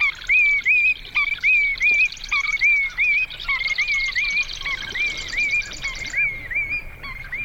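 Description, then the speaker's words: Willet calls, loud repeated high ringing notes in a rapid rhythmic series. Large shorebird calling 'pee-wee willet' while flying overhead over the marsh. "And willets are fairly large shorebirds, and they fly overhead, flying over the marsh, going pee-wee willet"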